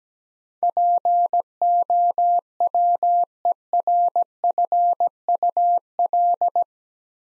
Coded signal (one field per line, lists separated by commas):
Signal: Morse code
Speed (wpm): 17 wpm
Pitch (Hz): 700 Hz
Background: none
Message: POWERFUL